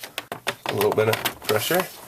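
A painted plastic grille surround, painted over chrome, for a Toyota Tundra truck grille is lined up with its guides and slid down to be pressed on so its retaining clips snap in. A few brief sharp ticks are heard in the first half second, then someone talks over light handling noise. Nothing has seated or clicked into place yet.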